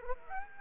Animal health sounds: mosquito wingbeat signal from an infrared sensor; Aedes aegypti

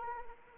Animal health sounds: mosquito wingbeat signal from an infrared sensor; Anopheles arabiensis

